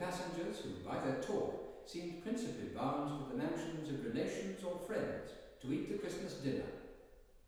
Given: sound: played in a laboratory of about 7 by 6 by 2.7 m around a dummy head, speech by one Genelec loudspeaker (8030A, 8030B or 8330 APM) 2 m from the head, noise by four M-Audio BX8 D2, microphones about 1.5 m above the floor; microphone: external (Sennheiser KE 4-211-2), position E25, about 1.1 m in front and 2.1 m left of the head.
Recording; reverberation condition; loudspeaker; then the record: male speech in English; high; 30 degrees to the right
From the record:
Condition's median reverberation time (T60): about 1300 ms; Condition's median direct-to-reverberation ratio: about -4.0 dB